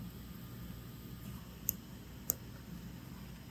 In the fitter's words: Heard two nice little clicks.